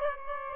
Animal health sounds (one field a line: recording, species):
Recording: mosquito wingbeat signal from an infrared sensor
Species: Aedes aegypti